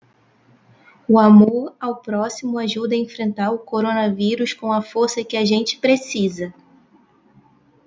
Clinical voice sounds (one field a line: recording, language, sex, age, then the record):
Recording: spoken sentence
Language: Brazilian Portuguese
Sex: female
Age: 30 to 39 years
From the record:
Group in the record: control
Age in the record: 38 years